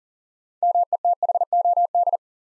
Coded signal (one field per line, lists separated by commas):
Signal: Morse code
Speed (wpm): 39 wpm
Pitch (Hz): 700 Hz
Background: none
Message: METHOD